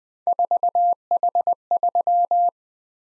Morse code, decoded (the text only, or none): 4H3